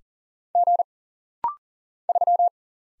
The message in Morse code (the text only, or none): G 3